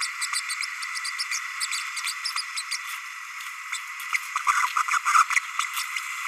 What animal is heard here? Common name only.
Green-rumped Parrotlet